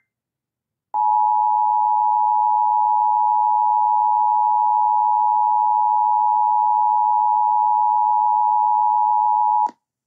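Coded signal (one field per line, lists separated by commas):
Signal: Emergency Alert System (SAME) tones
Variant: 853 and 960 Hz attention tone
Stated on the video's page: EAS Required Monthly Tests received from FM broadcast stations on 100.3 and 94.7 MHz, recorded overnight on an XHDATA D-808 world band receiver.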